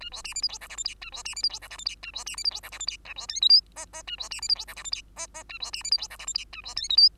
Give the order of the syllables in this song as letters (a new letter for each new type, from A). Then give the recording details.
A B C D E F G H I J A B C D E F G H I J A B C D E F G H I J A B K L M N N A B C D E F G H I J N N A B C D E F G H I J A B K L M. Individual Bird2